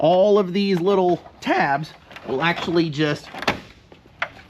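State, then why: Seated. Plastic grille retaining tabs on an American Modified Armor Grille with off-road lights are pushed into the front fascia of a 2019–2021 GMC Sierra 1500 truck while someone talks. The talking fades, and a sharp click is heard at 4.2 seconds, preceded by a faint tick at 3.9 seconds. The tabs click into place and are seated.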